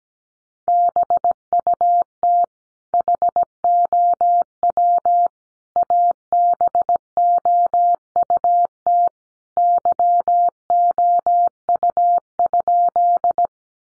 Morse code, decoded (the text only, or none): BUT HOW ABOUT YOU?